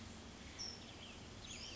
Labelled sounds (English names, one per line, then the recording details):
California Towhee
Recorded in Sonoma County, California